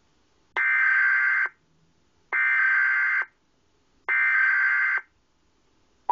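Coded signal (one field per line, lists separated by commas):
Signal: Emergency Alert System (SAME) tones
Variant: header bursts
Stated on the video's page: First national EAS test transmission, a FEMA test of the system a President could use in an emergency.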